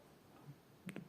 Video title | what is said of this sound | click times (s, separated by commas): Купольна антивандальна металева 5 мегапіксельна камера відеоспостереження ICsee | почули як воно клацнуло зафіксувалося на цьому все | 0.9 s, 1.0 s